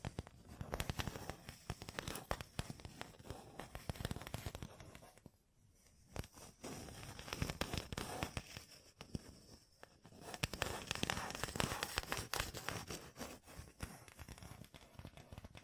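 Gem-covered fingertips tap and scratch in dense, rapid bursts, a crisp crackling patter of clicks with brief sharper hits scattered throughout. The activity thins to a quieter scratchy stretch around five to seven seconds, then builds back to busy tapping after ten seconds.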